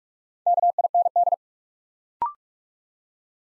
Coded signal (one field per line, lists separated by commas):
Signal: Morse code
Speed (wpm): 44 wpm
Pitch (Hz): 700 Hz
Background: none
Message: KIND